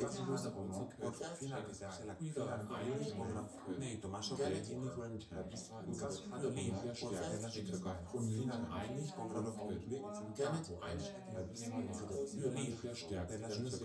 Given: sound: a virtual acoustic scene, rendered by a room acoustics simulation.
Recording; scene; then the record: noise of the scene; living room, symmetric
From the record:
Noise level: 70 dB SPL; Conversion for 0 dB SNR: 6.9 dB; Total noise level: 76.9 dB SPL